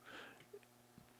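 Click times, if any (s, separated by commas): 0.6 s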